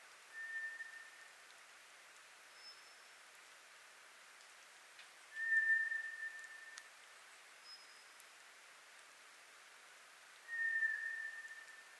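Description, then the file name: White's thrush singing drawn-out, pure, even whistles roughly every five seconds, alternating with faint, much higher thin whistles, against a quiet hissing background. Recorded on 24 April 2010; Japanese name toratugumi. "toratugumi-20100424"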